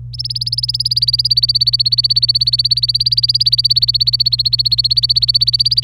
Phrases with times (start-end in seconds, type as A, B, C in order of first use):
0.13-5.84 A